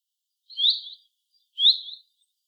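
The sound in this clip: Common chaffinch calling: two clear, upslurred whistled notes about a second apart, against silence.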